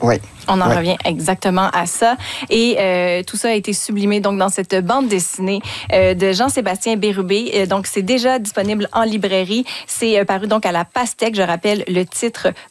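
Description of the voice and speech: An adult female interviewer speaks French in normal, fluent speech.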